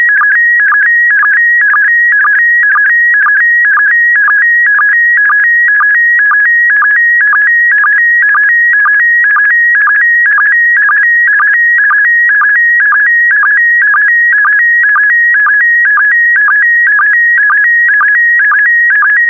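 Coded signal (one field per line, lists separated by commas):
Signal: SSTV (slow-scan television)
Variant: PD120 mode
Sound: continuous warbling tone with a rhythmic chirp about twice a second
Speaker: complete. You can now check your decoded image against the picture that is shown on the video.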